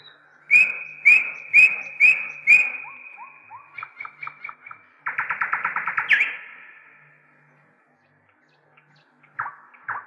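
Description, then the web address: Nightingale giving five strong whip notes, a run of quicker softer notes, a fast pulsing trill ending in a rising flourish, then two short notes. "slowik spiew slowika"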